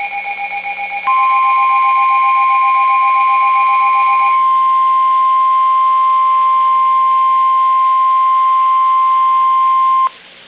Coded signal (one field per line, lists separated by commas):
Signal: Emergency Alert System (SAME) tones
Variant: 1050 Hz attention tone